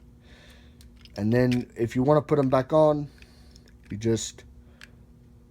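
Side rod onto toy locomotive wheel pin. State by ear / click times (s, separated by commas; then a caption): seated / 4.8 s. A plastic side rod is pushed back down onto its mounting pin on a toy locomotive wheel while someone talks. A small sharp click at 4.8 s marks the rod seating back on.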